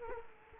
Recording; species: mosquito wingbeat signal from an infrared sensor; Culex quinquefasciatus